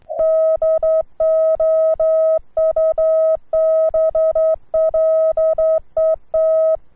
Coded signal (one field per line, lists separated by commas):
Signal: Morse code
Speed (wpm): 10 wpm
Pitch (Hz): 640 Hz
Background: none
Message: DOUBLET